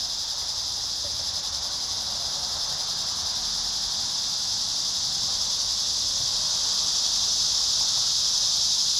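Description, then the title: Cicada chorus, a shrill continuous buzz that swells gradually louder toward the end, the highest part of the drone brightening. Cicadas at Trinity. "neoscenes: cicadas at Trinity"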